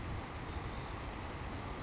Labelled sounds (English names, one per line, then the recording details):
Savannah Sparrow
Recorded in Sonoma County, California